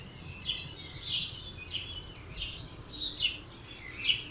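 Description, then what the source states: Birds: short bright chirped phrases repeated several times over a light steady hiss. Dawn chorus at 4am in Oberhofen, Inntal, Austria; binaural recording.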